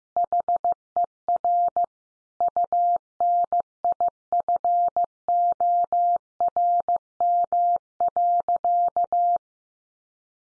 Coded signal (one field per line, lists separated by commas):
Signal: Morse code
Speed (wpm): 15 wpm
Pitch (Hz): 700 Hz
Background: none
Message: HER UNIFORM.